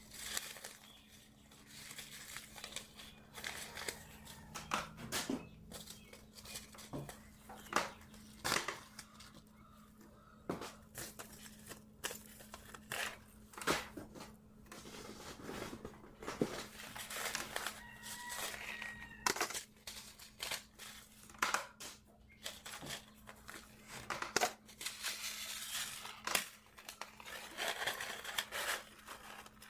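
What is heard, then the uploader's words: Packets of seeds are shuffled and sorted, with frequent crisp paper rustles and taps over a faint steady low hum. Sorting Seed packets. Sorting packets of seeds.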